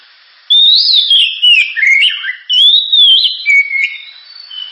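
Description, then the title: Oriental magpie-robin song: loud, clear whistled slides and quick warbling notes in two long bursts, with soft faint notes trailing at the end. Described as sharp, very loud, actively singing; suitable as a lure track to encourage other birds to sing. "Kacer Gacor Suara Tajam. Kacer Gacor Suara Super Kenceng Cocok untuk Pancingan"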